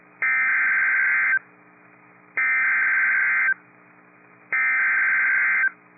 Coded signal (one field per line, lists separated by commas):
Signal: Emergency Alert System (SAME) tones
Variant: header bursts